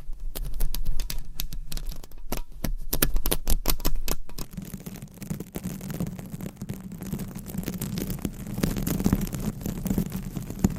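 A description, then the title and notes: Fingernails scratch and rub across a covered microphone in quick, irregular strokes. The first four seconds bring sharp, crisp scratches over a deep low rumble; after that the rubbing turns softer and denser, with a steady muffled hum underneath. ASMR with 400 MICS!Different Mic Covers & Nails Mic Scratching , Massage & More No Talking.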